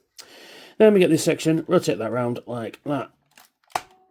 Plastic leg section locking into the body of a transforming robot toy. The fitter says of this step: and click it into place, rotate his uh horns up, and we've got Unicron's feet.